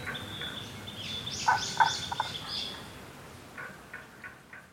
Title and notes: 170521Rana tagoi tagoi in Kasugayama primeval forest by ototamari